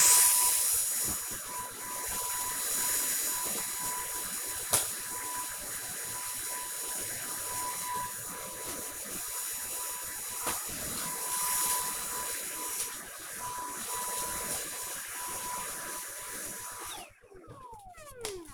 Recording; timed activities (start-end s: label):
household activities, microphone on the right wrist
0.00-16.90 s: vacuum cleaning